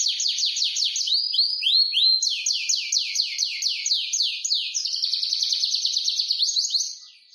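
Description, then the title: Atlantic canary delivering quick successive trills of high, sweeping notes, shifting from one rattling phrase to the next before fading at the end. "Kenari"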